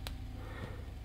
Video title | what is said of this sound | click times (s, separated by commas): How to Change Shaver Heads on Philips Series 7000 S7370 - Beginners guide | a tiny bit, so they're now locked into place. | 0.1 s